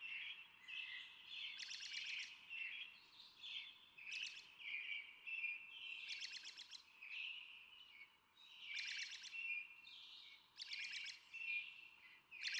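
Brown Thrasher song of varied, rich phrases alternating with harsh buzzy bursts, over a steady low background hiss.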